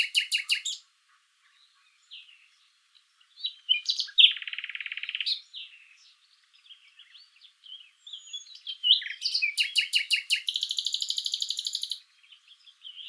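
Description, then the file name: Common nightingale singing varied phrases: quick clicking notes, a dense buzzing trill, then a long rapid rattle at the end. "Luscinia megarhynchos"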